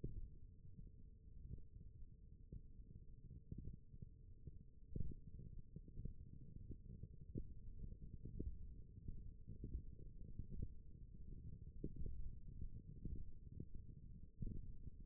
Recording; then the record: forearm muscle sounds (acoustic myography)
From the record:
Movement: index flexion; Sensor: system 1, eight BSWA MPA416 microphones around the upper forearm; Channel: 4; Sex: male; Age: 21 years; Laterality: right